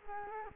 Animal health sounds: mosquito wingbeat signal from an infrared sensor; Culex quinquefasciatus

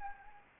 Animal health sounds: mosquito wingbeat signal from an infrared sensor; Anopheles gambiae

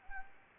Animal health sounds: mosquito wingbeat signal from an infrared sensor; Anopheles arabiensis

